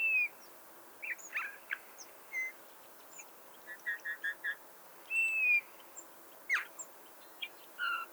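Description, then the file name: Eurasian bullfinch calls: mellow whistled notes, one long and gently falling, mixed with short chirps and a quick run of similar notes. "Pyrrhula pyrrhula"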